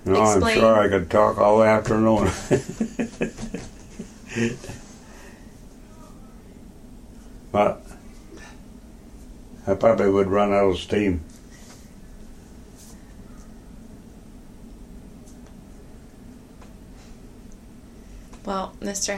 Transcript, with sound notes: am sure I could talk all afternoon. [laughter] But I would probably run out of steam.
Well, Mr.